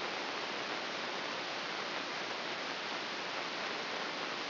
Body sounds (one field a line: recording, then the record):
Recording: brain microelectrode recording played as sound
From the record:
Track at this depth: inside the subthalamic nucleus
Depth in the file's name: 3.029 mm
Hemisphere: left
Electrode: 3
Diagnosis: Parkinson's disease